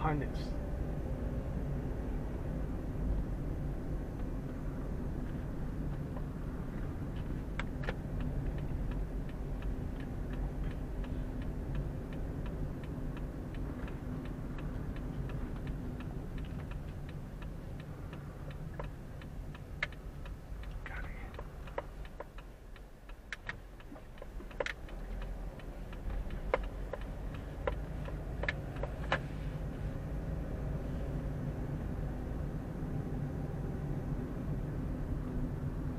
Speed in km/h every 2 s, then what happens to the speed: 25, 28, 28, 25, 25, 26, 26, 24, 17, 12, 8, 3, 4, 8, 13, 20, 23, 25.
0-12 steady at about 26. 12-22 slows to 3. 22-31 speeds up to 23.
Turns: 24-29.